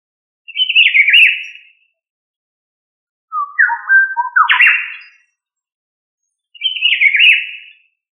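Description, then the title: Bird giving three short bursts of squawky, stepped chirps, with silent gaps between them. "LuckyPassaros CompletosSama"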